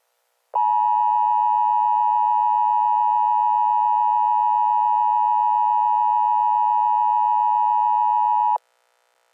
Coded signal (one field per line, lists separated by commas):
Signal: Emergency Alert System (SAME) tones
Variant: 853 and 960 Hz attention tone